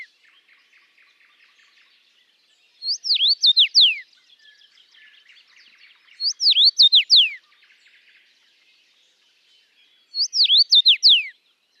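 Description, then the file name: Common rosefinch song: the same short whistled phrase of slurred notes repeated three times, with faint chirps between. Latvia. "life dviete. carpodacus erythrinus"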